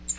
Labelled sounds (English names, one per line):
Cape May Warbler flight call